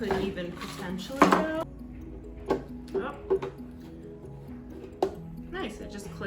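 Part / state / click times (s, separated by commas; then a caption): support rod into hydroponic grow light panel / seated / 5.0 s. A support rod is pushed into the plastic light panel of a QYO hydroponics system and pressed in while someone talks over steady background music. A few soft knocks come at about 2.5 and 2.9 seconds, then a short, sharp click at 5.0 seconds as the rod seats in the panel.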